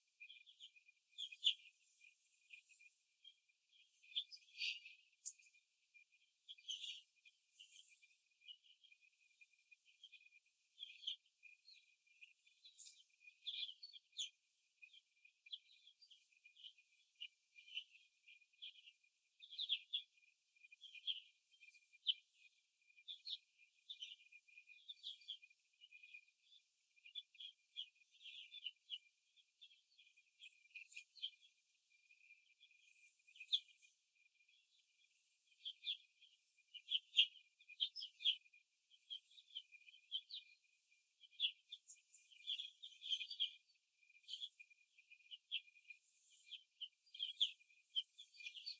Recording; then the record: young laying hens in a cage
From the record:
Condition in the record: after the stressor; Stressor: simulated dog barking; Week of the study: 2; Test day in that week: 2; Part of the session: 3